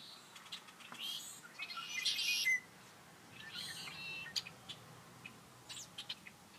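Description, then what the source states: Red-winged blackbirds with a loud harsh buzzy trill near two seconds, then softer scattered chips and a fainter buzzy phrase. Many birds calling together.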